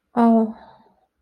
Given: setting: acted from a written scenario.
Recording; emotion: vocal sound without words; embarrassment